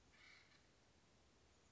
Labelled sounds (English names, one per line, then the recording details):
Acorn Woodpecker
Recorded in Sonoma County, California